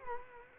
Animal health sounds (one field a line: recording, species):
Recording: mosquito wingbeat signal from an infrared sensor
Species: Culex quinquefasciatus